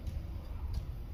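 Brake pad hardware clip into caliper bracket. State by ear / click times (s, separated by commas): not seated / none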